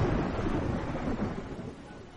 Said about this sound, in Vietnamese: Nước mưa rào rào xóa tung khắp đại địa, nhưng rất khó tẩy ngay đi vết máu trên mặt đất.